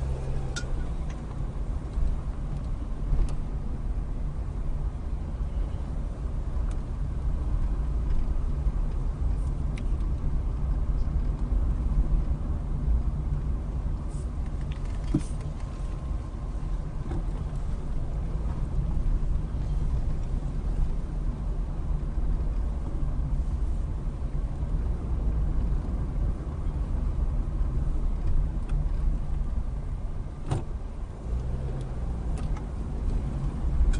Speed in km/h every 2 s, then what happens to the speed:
16, 15, 15, 18, 19, 19, 16, 10, 10, 11, 16, 16, 19, 19, 10, 10, 16.
0-10 steady at about 16. 10-14 slows to 10. 17-19 speeds up to 16. 19-26 steady at about 16. 26-30 slows to 10. 30-34 speeds up to 16.